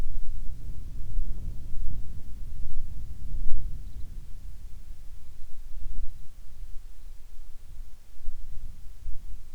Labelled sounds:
bird
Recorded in the Arctic National Wildlife Refuge, Alaska, on 7 July 2019 at 18:42
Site 41

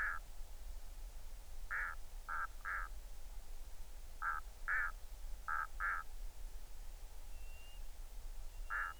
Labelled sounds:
waterfowl
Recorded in the Arctic National Wildlife Refuge, Alaska, on 20 July 2019 at 02:45
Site 38

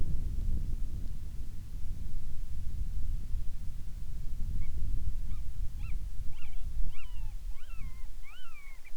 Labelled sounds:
bird, wind
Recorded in the Arctic National Wildlife Refuge, Alaska, on 10 July 2019 at 18:44
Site 44

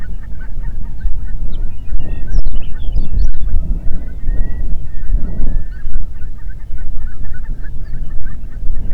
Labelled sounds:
songbird, waterfowl, wind
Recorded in the Prudhoe Bay oil fields, Alaska, on 8 June 2019 at 05:05
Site 30

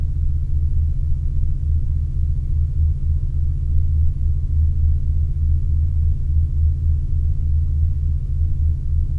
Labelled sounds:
aircraft
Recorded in Ivvavik National Park, Yukon, on 27 August 2019 at 08:15
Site SINP01

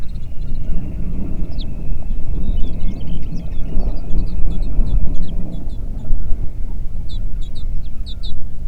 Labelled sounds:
songbird, waterfowl, wind
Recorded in the Prudhoe Bay oil fields, Alaska, on 8 June 2019 at 04:22
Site 30

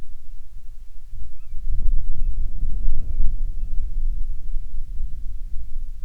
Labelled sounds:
bird, wind
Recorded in the Arctic National Wildlife Refuge, Alaska, on 10 July 2019 at 18:23
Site 44

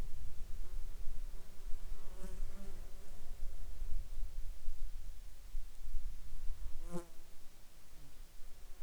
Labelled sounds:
insects
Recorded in the Arctic National Wildlife Refuge, Alaska, on 22 June 2019 at 09:01
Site 33

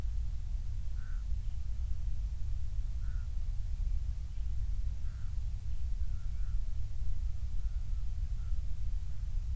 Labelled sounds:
bird
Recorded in the Prudhoe Bay oil fields, Alaska, on 28 July 2019 at 06:28
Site 25

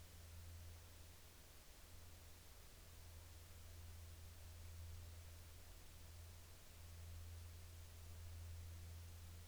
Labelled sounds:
aircraft
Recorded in the Arctic National Wildlife Refuge, Alaska, on 8 July 2019 at 08:41
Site 40

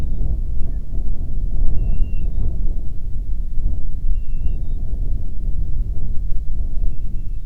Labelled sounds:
bird, wind
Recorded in the Prudhoe Bay oil fields, Alaska, on 25 July 2019 at 02:17
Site 11

